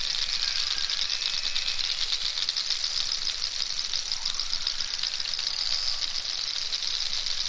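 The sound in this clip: Narwhal clicks in continuous rapid trains, with faint thin whistles, one gliding upward midway, over a steady hissing background.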